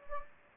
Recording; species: mosquito wingbeat signal from an infrared sensor; Anopheles gambiae